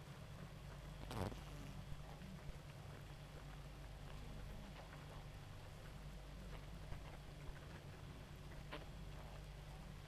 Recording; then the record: honeybee colony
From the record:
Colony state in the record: active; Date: 28 July 2017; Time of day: 2:07